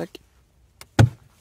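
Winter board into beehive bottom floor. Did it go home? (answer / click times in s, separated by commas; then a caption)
yes / 0.8 s, 1.0 s. A plastic winter inspection board is slid into the slot under a beehive's mesh floor and pushed until it clips in, while someone talks. A light tick sounds at 0.8 s, followed by a louder, sharper snap at 1.0 s as the board clips into the floor. The board is seated.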